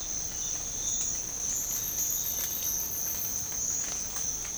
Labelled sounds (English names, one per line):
none